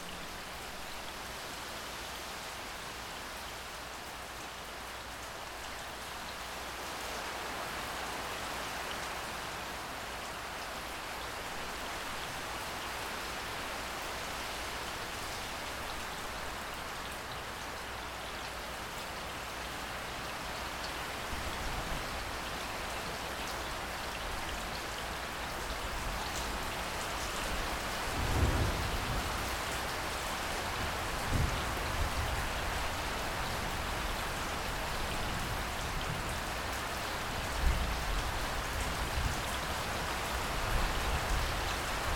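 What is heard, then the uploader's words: Steady rain falls throughout, a dense, even hiss that thickens slightly after about twenty seconds. From then on, low thumps and rumbles of thunder come and go, with a stronger rumble near twenty-eight seconds and brief louder bursts around thirty-one and thirty-eight seconds. A soft, beautiful meditation with cleansing, purifying rain as a soundscape. Rain sounds from Zapsplat . Cleansing, purifying rain as a soundscape. And a little added thunder.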